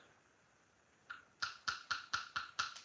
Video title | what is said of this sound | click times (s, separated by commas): The 100 Gripper collection | I think you can hear the click. Obviously, that means it's closed. | 1.1 s, 1.7 s, 1.9 s, 2.2 s, 2.4 s, 2.6 s